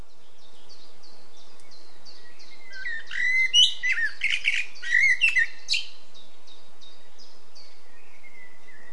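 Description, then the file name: Common blackbird song: a short burst of fluted, warbling phrases with squeaky flourishes midway, set against a steady run of rapid, high, thin chips from another small bird for most. "Turdus merula"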